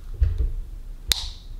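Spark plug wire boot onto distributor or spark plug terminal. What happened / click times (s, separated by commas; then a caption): The spark plug wire boot clicked onto its terminal / 1.1 s. A finger pushes a spark plug wire's rubber boot down onto its terminal on the distributor or spark plug. Two soft low thumps at about 0.2 and 0.4 seconds come before one sharp, loud click at 1.1 seconds with a bright ringing tail. The boot is seated on the terminal.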